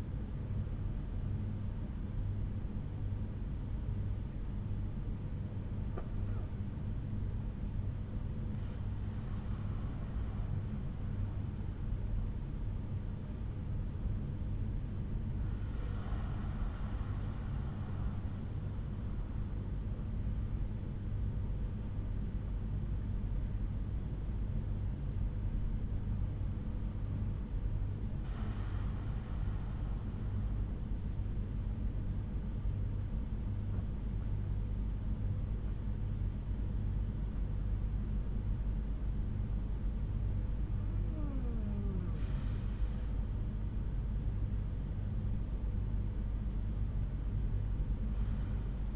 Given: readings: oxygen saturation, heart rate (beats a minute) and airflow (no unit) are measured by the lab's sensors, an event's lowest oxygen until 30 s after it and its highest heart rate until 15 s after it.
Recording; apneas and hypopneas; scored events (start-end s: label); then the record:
breathing in sleep by a smartphone at the bedside; none
none scored
From the record:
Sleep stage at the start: N1 (lightest sleep); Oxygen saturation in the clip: 93 to 95%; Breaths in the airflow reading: 6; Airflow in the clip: -5.5 to 6.2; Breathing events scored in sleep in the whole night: 368 in 8.0 hours asleep